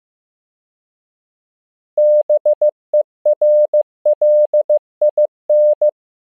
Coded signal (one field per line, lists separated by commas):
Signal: Morse code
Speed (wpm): 15 wpm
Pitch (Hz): 600 Hz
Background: none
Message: BERLIN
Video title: Morse Code Practice — World Capitals, 15 WPM